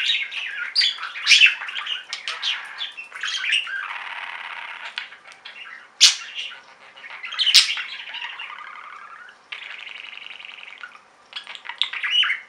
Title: Budgie Sounds